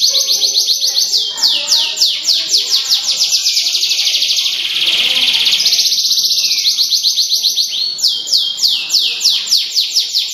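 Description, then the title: Canary song with strings of descending whistled notes, a sustained buzzy rolling trill in the middle, then renewed rapid downward sweeps. Award-winning small standard canary. "Kenari Standart Kecil Prestasi"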